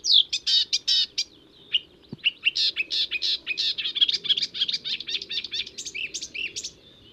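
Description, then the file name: Marsh Warbler singing a fast, continuous jumble of varied high chirps, buzzy trills and whistled notes, with one short pause near the start. "suara kicauan burung marsh warbler. omkicau"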